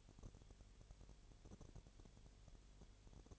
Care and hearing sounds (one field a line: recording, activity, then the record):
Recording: daily activity, microphone in the room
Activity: no activity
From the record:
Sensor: 4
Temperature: 22.7 degrees Celsius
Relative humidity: 32.0%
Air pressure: 1008.1 hPa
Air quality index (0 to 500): 114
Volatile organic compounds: 2 ppm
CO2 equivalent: 1108 ppm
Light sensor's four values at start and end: 2/3/1/1 and 2/3/1/1